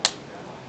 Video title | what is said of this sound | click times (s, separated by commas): Keyboard swap on a Asus K50I for Goose | you feel each thing lock in and then you have | 0.0 s